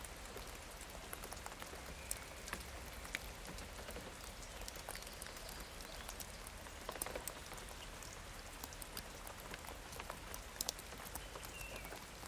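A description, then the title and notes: Steady rain falls throughout, a dense even hiss with countless sharp drip taps scattered irregularly on a hard surface. A low, constant rumble sits underneath, and a few faint bird calls surface briefly. Rainy Dawn Chorus. This is from one of those rare summer nights, when there is quite a lot of rain, but next to no wind. The sound of the rain, and the dawn chorus. Using my Sony PCM A10 with the LOM Uzi´s. 96kHz/24Bit resolution.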